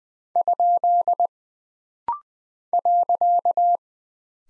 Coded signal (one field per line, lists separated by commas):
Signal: Morse code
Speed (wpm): 20 wpm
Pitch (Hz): 700 Hz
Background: none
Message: ? .